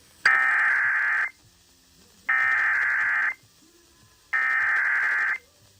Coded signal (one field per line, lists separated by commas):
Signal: Emergency Alert System (SAME) tones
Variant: header bursts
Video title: EAS #2105 Severe Thunderstorm Warning on WZSR